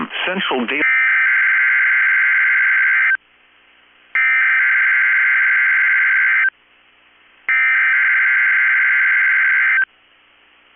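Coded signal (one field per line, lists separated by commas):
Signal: Emergency Alert System (SAME) tones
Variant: header bursts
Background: speech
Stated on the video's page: Required Weekly Test of the EAS from a NOAA weather radio station.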